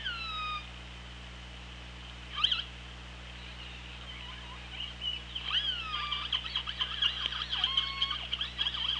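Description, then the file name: Orca calls: a single sweeping call, a sharp burst, then a rapid chorus of pulsed, harmonic squeals and whistles over a low hum. Recorded on the OrcaLab hydrophone, 24 August 2017 at 17:02. "Orca Lab UTLN JASON 20170824 170240"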